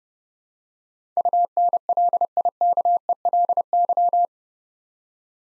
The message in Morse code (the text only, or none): UNLIKELY